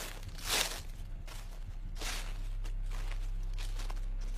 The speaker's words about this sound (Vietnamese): Tiếng bước chân đều đều dẫm lên những tán lá khô.